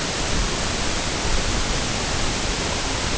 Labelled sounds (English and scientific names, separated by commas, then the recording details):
none
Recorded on Arctic tundra, site NAIT-1, on 22 June 2018
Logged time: 15:00